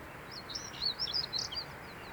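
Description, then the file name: European stonechat song: a quick scratchy phrase of high twittering, warbling notes over a steady background hiss. 16 May 2013, Fröttmaninger Heide heathland, Munich, Germany. "Schwarzkehlchen 16 05 2013 Froettmaninger Heide M Daniel Honold"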